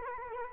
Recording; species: mosquito wingbeat signal from an infrared sensor; Culex quinquefasciatus